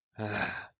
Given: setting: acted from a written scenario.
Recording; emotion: vocal sound without words; contempt